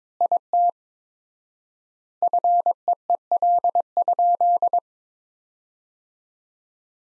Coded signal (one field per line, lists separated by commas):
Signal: Morse code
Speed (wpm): 22 wpm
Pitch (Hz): 700 Hz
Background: none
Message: IT FEEL?